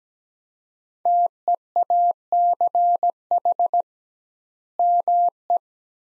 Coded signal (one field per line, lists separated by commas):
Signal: Morse code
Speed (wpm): 17 wpm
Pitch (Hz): 700 Hz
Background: none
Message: TEACH ME